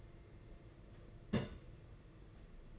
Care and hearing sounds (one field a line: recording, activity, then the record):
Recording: daily activity, microphone in the room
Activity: place on stove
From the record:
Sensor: 4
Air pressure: 992.8 hPa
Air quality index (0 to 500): 175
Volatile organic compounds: 336 ppm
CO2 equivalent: 4556 ppm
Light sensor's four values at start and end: 4/10/4/4 and 4/10/4/4